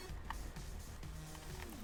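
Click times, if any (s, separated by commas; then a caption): 0.3 s. The plastic head of a McFarlane Toys King Shark build-a-figure is pressed onto the figure's neck peg, giving one sharp snap at 0.3 s over steady background music. A fainter tick follows at about 1.6 s, and the head is seated on the neck joint.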